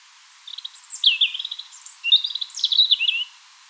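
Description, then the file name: European robin song: a rapid stream of high, thin notes, swooping whistles and fast twittering trills, varied from note to note. "Erithacus rubecula"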